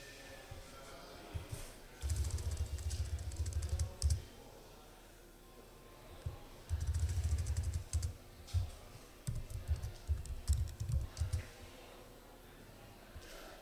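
Bursts of rapid computer keyboard typing, clattering keystrokes in uneven clusters separated by short pauses, moderately loud with faint background murmur.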